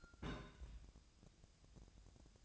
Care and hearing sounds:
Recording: daily activity, microphone in the room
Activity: place on stove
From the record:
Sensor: 2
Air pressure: 999.8 hPa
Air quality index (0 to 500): 122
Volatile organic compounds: 2 ppm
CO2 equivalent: 1049 ppm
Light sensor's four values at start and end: 34/84/36/41 and 34/83/36/41

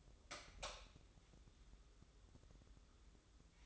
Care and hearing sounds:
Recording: daily activity, microphone in the room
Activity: light on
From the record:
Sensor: 3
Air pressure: 995.3 hPa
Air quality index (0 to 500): 82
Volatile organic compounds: 7 ppm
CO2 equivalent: 1984 ppm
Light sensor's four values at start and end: 9/21/8/8 and 12/30/12/12

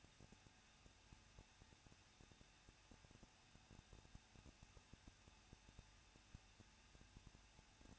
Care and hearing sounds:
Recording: daily activity, microphone in the room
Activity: no activity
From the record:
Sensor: 2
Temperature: 21.0 degrees Celsius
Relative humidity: 37.4%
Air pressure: 1006.2 hPa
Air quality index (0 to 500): 221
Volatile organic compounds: 24 ppm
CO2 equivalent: 2801 ppm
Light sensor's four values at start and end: 2/3/2/2 and 2/3/2/2

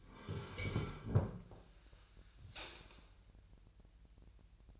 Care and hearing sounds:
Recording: daily activity, microphone in the room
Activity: sit down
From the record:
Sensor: 2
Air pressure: 1001.8 hPa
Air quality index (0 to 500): 238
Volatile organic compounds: 69 ppm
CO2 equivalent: 3512 ppm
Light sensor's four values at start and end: 6/15/6/7 and 8/19/8/8

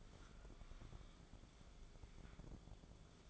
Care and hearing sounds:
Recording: daily activity, microphone in the room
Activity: take from stove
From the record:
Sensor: 5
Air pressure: 1010.4 hPa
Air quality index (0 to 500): 111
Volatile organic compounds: 2 ppm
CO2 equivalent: 1089 ppm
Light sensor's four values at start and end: 553/1407/583/668 and 571/1452/602/696

